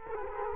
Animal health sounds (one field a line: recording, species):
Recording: mosquito wingbeat signal from an infrared sensor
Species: Culex quinquefasciatus